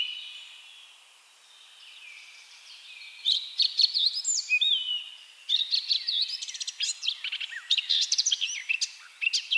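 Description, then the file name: Eurasian blackcap song, a quiet soft chatter building into a loud bright warble of quick varied notes, with a short pause before a second burst. "Sylvia atricapilla"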